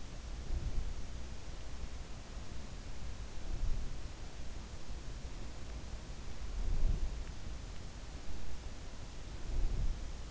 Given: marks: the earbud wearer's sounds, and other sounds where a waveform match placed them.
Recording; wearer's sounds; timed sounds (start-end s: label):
sounds in sleep by an in-ear microphone; breath
0.00-1.04 s: breath
6.35-7.30 s: breath
9.02-10.31 s: breath